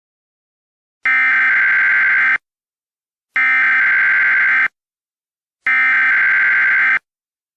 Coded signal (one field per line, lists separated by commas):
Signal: Emergency Alert System (SAME) tones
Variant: header bursts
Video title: EAS Scenario: The Savior